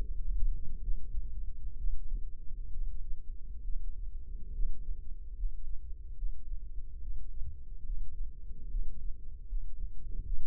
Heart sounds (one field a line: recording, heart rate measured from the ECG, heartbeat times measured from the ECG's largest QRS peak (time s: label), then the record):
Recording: heart sounds by microphone in the left ear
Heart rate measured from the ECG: 71 bpm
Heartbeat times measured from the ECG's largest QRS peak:
0.07 s: heartbeat
0.81 s: heartbeat
1.78 s: heartbeat
2.71 s: heartbeat
3.63 s: heartbeat
4.52 s: heartbeat
5.35 s: heartbeat
6.16 s: heartbeat
7.01 s: heartbeat
7.84 s: heartbeat
8.69 s: heartbeat
9.47 s: heartbeat
10.23 s: heartbeat
From the record:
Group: healthy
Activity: rest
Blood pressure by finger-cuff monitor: 109/70 mmHg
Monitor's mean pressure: 84 mmHg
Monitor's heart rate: 71 bpm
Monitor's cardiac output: 5.5 L/min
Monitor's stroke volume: 75 mL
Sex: male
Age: 35 years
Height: 178 cm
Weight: 64 kg